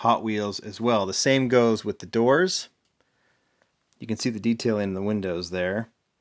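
Someone talks over the handling of an opening door on a die-cast metal toy Porsche, a Hot Wheels RLC exclusive RWB Porsche 930, which is being closed. In a quiet gap in the talking, two faint, brief ticks are heard at about 3.0 and 3.6 seconds before the talking resumes. The door has not snapped shut or seated yet.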